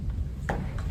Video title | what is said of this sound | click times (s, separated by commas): Patient Education | we would have to pull it a little bit so it fits right in and you'll kind of hear that snap so that works and then | 0.5 s